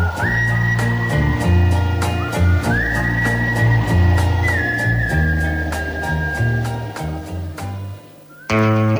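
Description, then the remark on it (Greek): A sweet, melodic whistle carries a slow tune in long, gliding high notes over a steady musical backing with a regular beat, ending abruptly. “Αυτό το γλυκό σφύριγμα.”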